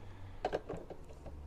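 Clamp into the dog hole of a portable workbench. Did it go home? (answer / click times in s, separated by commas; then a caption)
yes / 0.5 s. An Automaxx clamp is pushed down into a dog hole in the work surface of a Kreg KWS1000 portable workbench until it locks. A sharp click at 0.5 s marks the clamp seating and locking into place, followed by a softer snap just after and a faint knock near 0.9 s over a low steady hum.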